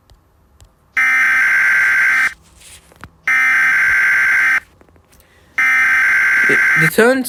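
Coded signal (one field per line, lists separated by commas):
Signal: Emergency Alert System (SAME) tones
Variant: header bursts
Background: speech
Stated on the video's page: Fictional EAS scenario made on an iPhone.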